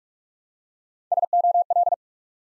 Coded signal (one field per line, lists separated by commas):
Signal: Morse code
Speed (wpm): 44 wpm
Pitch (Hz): 700 Hz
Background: none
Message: SOL